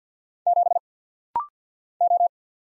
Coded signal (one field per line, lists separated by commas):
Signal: Morse code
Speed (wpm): 48 wpm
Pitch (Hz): 700 Hz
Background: none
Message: 7 O